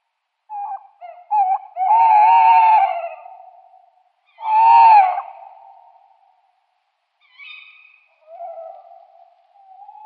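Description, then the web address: Tawny owl calling: loud, quavering, drawn-out hoots with a harsh edge, two strong calls close together followed by softer, fading ones. A pair of tawny owls in display. "Schulze Peter Tawny Owl pair display"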